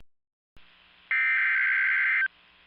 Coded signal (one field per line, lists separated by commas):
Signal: Emergency Alert System (SAME) tones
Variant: header bursts